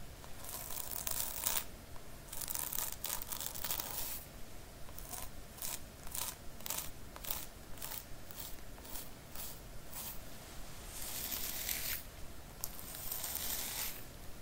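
Scalp scratching and brushing, with quick, crisp, hissy strokes that keep going for the whole clip. The first four seconds are dense and continuous, then separate rhythmic strokes follow at a steady pace, and a thicker run of scratching returns near twelve seconds.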